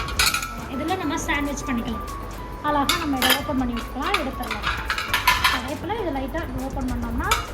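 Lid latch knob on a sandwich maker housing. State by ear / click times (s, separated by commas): seated / 0.2 s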